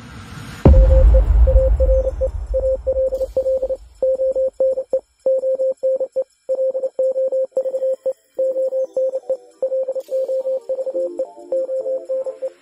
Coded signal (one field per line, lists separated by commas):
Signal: Morse code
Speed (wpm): 29 wpm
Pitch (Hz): 530 Hz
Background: none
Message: WE ARE ALL ONE ONE LOVE ONE LOVE ONE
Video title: Butterfly Morse Code